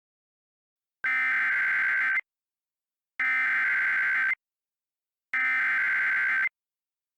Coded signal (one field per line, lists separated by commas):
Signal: Emergency Alert System (SAME) tones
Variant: header bursts